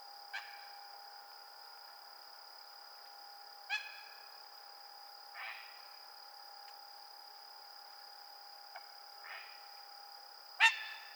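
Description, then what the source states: Great blue heron calling with several short harsh squawks spaced a few seconds apart, the last one loudest, against a steady hum. Recorded on 24 June 2007.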